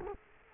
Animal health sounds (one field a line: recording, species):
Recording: mosquito wingbeat signal from an infrared sensor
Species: Culex quinquefasciatus